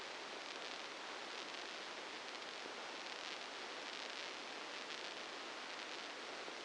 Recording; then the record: brain microelectrode recording played as sound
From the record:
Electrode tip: inside the subthalamic nucleus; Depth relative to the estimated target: -3 mm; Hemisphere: left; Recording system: NeuroSet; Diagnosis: Parkinson's disease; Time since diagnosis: 8 years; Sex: male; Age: 59 years